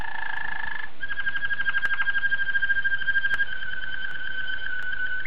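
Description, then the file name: Waterslager canary song: a short layered tone, then a long rolling trill over a steady whistled note, with a few faint clicks. Waterslager breed of canary. "suara kenari waterslager"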